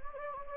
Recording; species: mosquito wingbeat signal from an infrared sensor; Anopheles gambiae